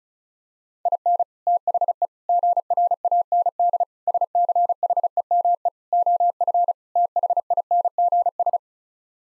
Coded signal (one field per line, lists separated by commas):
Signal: Morse code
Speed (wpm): 34 wpm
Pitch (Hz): 700 Hz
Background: none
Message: IN THE GRAND SCHEME OF THINGS